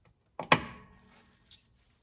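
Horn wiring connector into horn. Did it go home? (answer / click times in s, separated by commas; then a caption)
yes / 0.5 s. The wiring connector is pushed onto the horn terminal of a 2021-2026 Toyota Sienna horn until it latches. A softer contact at 0.4 s is followed by a sharp, loud click at 0.5 s that rings down over about half a second, then a faint tick near 1.5 s. The connector is seated.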